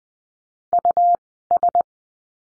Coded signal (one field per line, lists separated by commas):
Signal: Morse code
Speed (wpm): 20 wpm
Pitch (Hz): 700 Hz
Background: none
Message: US